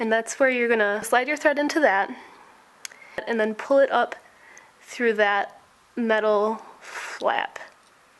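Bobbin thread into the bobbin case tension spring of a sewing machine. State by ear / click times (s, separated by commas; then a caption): not seated / none. Someone talks while sliding the bobbin thread, with the bobbin in its case, into the slot by a small ridge and pulling it up under the metal tension flap of a sewing machine's bobbin case. Two faint, brief ticks come at about 2.8 and 2.9 seconds between the talking. The clip ends before the thread clicks out of the flap, so nothing has clicked or seated yet.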